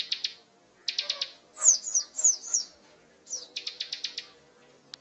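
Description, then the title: Prinia song: short series of quick sharp notes, then squeaky high slurred chirps, then another rapid run of clipped notes. Masteran tutor recording of mountain ciblek song for training birds, described as gacor, meaning singing vigorously and continuously. "Burung Ciblek Gunung Masteran Gacor Kicau Mania"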